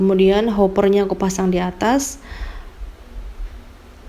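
Someone talks while a juicer hopper is handled to be placed on top of the juicing chamber, where it must be twisted until it is fully locked. The voice fills the first two seconds, then fades to quiet background. The hopper has not yet locked or clicked into place.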